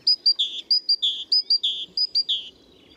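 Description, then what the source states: Great Tit song: a bright three-note phrase, two high notes then a lower one, repeated four times in quick succession, clear and ringing against a quiet background. Played example; sung in a non-local dialect, probably not from Poland or the Lublin region.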